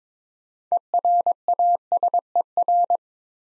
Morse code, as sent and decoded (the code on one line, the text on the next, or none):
. .-. .- ... . .-.
ERASER